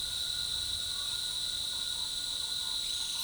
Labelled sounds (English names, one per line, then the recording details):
none
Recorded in forest near Pivijay, Magdalena, Colombia, on 15 April 2023 at 07:30
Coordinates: 10.467, -74.380
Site Z5-G034